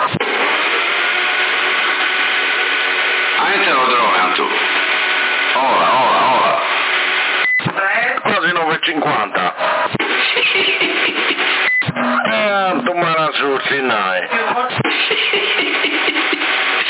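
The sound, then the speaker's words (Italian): A steady, loud drone motor buzz from a drone, which the people call 'the helicopter', runs the whole time, a continuous whirring hum with a faint high whine, while people talk over it in short bursts. “Si sente il drone, per vento non lo senti. Eia. Questo è il drone, questo è l'elicottero si chiama, l'elicottero.”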